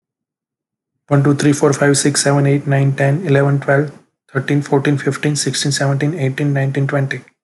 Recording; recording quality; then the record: counting at a fast pace; excellent, no background noise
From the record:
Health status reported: healthy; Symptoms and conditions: none ticked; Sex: male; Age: 25 years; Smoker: not ticked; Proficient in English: yes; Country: India